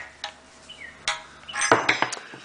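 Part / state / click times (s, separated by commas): trim cover onto fuel tank filler bung / partly seated / 1.7 s, 1.9 s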